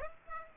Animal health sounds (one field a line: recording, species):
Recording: mosquito wingbeat signal from an infrared sensor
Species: Aedes aegypti